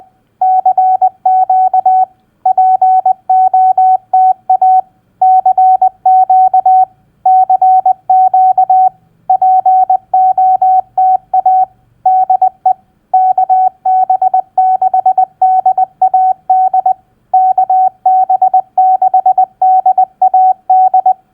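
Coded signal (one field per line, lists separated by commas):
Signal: Morse code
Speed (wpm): 20 wpm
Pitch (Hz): 750 Hz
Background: none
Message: CQ POTA CQ CQ POTA DE KB6DAD KB6DAD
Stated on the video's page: Simulated POTA activator's initial CQ call sent at 20 wpm as Morse practice.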